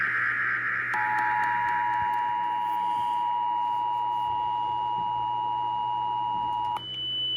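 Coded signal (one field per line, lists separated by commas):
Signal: Emergency Alert System (SAME) tones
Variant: 853 and 960 Hz attention tone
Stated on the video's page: Fictional alert scenario.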